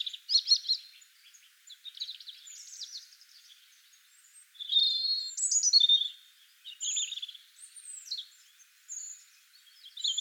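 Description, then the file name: European robin song: quick bursts of high, tinkling notes and liquid warbles, varied phrases with short gaps, louder in the middle and at the end. "Erithacus rubecula"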